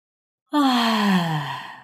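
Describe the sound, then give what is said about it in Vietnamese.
A single long, drawn-out yawn from a girl woken from sleep in the morning, with a breathy voiced tone that slides slowly downward in pitch and tapers off at the end, with no talking. “Mùa ngáp dài ngáp ngắn.”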